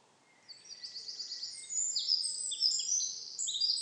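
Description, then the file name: Eurasian wren song: a loud, fast cascade of shrill high notes and short trills that builds in strength and continues without a break for over three seconds. "Troglodytes troglodytes"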